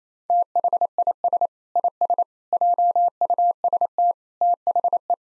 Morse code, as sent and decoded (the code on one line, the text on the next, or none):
- .... .. ... / .. ... / .--- ..- ... - / - .... .
THIS IS JUST THE